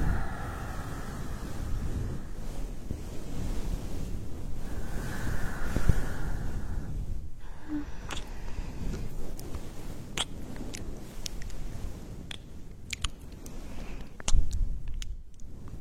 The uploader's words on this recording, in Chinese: 按摩耳朵刺激大脑。